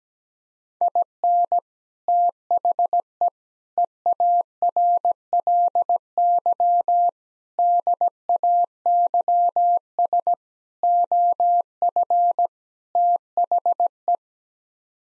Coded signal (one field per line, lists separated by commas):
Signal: Morse code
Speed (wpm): 17 wpm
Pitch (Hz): 700 Hz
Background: none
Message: IN THE EARLY DAYS OF THE